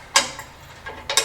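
A steel safety pin is pushed toward the foot of a B&W 5th wheel companion hitch leg on a truck bed base while the hitch is not fully seated. Sharp metallic knocks at 0.2, 1.1 and 1.2 seconds are the pin striking the rubber bushing instead of passing through. The hitch is not seated down.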